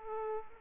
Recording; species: mosquito wingbeat signal from an infrared sensor; Aedes aegypti